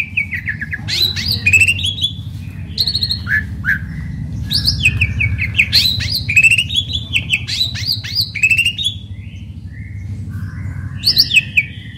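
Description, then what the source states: Asian pied starling song, a busy run of whistled, chattering and buzzy notes jumping between pitches, dense throughout with a steady low hum underneath. Local Indonesian name jalak suren; described as a champion bird singing.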